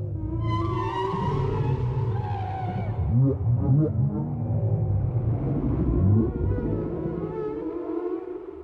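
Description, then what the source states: Whale song: overlapping moaning and sweeping tones that rise and fall, with quick upward swoops midway, all over a steady low rumble. Chorus of several whales.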